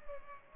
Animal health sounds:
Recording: mosquito wingbeat signal from an infrared sensor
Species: Culex pipiens

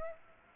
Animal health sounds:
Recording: mosquito wingbeat signal from an infrared sensor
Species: Aedes aegypti

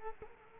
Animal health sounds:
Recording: mosquito wingbeat signal from an infrared sensor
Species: Culex quinquefasciatus

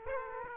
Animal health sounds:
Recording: mosquito wingbeat signal from an infrared sensor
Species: Aedes aegypti

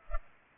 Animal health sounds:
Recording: mosquito wingbeat signal from an infrared sensor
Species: Culex pipiens

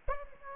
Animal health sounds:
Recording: mosquito wingbeat signal from an infrared sensor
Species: Aedes aegypti

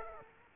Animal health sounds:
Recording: mosquito wingbeat signal from an infrared sensor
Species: Aedes aegypti

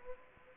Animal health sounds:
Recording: mosquito wingbeat signal from an infrared sensor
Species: Aedes aegypti

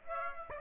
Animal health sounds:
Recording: mosquito wingbeat signal from an infrared sensor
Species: Aedes aegypti

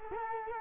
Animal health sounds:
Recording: mosquito wingbeat signal from an infrared sensor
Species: Culex quinquefasciatus

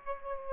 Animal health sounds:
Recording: mosquito wingbeat signal from an infrared sensor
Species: Aedes aegypti

